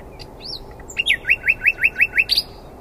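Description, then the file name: Common nightingale phrase: a few sweeping notes, then a steady run of quick identical chirps, closing with a brief buzzy note. "Luscinia megarhynchos"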